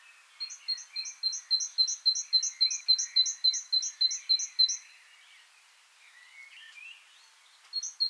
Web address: SETE data Parus major